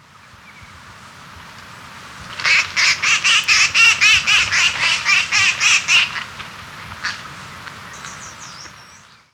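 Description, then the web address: Red-crested cotinga giving a harsh call series: about fourteen rasping, buzzy notes in a rapid, even run lasting three and a half seconds, then a steady hiss. Recorded in Ecuador. "Birds of Ecuador 3. Red-Crested Cotinga"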